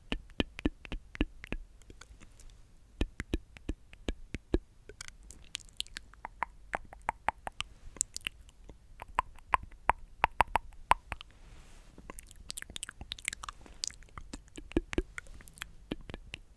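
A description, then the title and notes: Mouth sounds made of sharp, irregular clicks and wet pops, packed densely with short pauses, like chewing or biting. Some bursts cluster quickly, others come singly. Around nine to eleven seconds a faint, brief tonal whistle sits under the clicking. ASMR The MOST Tingly MOUTH Sounds.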